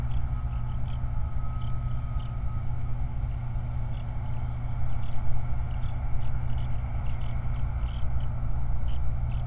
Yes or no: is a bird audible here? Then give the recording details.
yes. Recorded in the Prudhoe Bay oil fields, Alaska, on 29 July 2019 at 04:32. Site 29